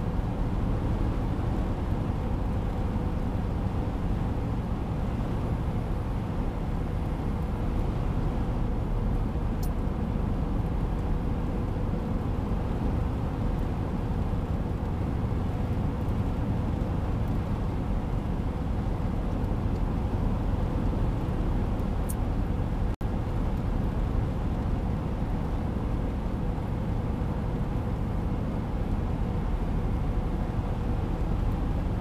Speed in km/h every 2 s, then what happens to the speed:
94, 94, 92, 92, 91, 91, 92, 92, 93, 93, 94, 93, 94, 93, 92, 92.
0-32 steady at about 92.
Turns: none.